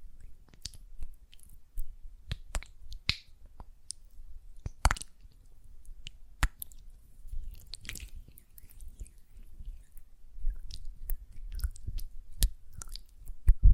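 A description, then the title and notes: Wet hand sounds of gel lotion being rubbed, with sticky squishes and sharp little clicks scattered irregularly throughout. Louder smacks land near five and twelve seconds, and a soft low rumble of handling runs underneath. ASMR Gel Lotion Hand Sounds (No Talking).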